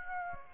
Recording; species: mosquito wingbeat signal from an infrared sensor; Aedes aegypti